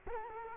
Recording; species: mosquito wingbeat signal from an infrared sensor; Culex quinquefasciatus